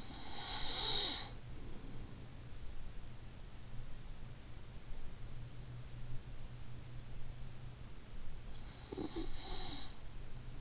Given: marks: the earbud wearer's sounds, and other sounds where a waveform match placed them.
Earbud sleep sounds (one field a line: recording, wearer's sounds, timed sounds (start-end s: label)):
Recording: sounds in sleep by an in-ear microphone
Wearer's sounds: breath, snoring breath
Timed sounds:
0.00-2.73 s: breath
8.70-10.61 s: snoring breath